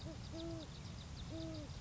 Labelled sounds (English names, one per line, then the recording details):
Great Horned Owl
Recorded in Sonoma County, California